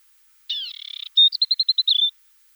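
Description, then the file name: Asian desert warbler: a short grating, buzzy rattle followed by a string of high, clear, bouncing notes, one brief phrase. "Slavka pustynnaja"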